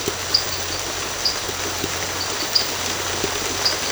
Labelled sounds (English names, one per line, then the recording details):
none
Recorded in secondary vegetation near Puerto Asís, Putumayo, Colombia, on 19 March 2025 at 23:00
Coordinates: 0.468, -76.324
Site G059